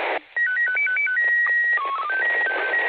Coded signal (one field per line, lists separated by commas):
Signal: SSTV (slow-scan television)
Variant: PD 120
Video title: Réception d'une image SSTV de l'ISS avec un Baofeng UV-5R le 01/12.2021